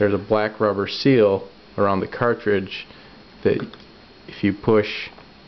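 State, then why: Not seated. Someone talks while handling a medication cartridge with a black rubber seal around it, about to push it into an insulin pump body. Only speech is heard; the cartridge has not been pushed home, and nothing has clicked or seated yet.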